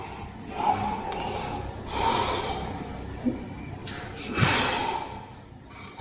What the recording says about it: A clear case of sleep apnea. It's getting louder and louder, and then there's this long pause where it's really troubling. Yeah, this person is holding their breath. And then what happens is as you're breath holding, your oxygen level is dropping. You also retain something called carbon dioxide.